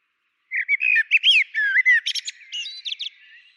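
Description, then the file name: Common blackbird song phrase of varied whistled notes sliding up and down, followed by a scratchy, chattering twitter trailing off at the end. "Turdus merula"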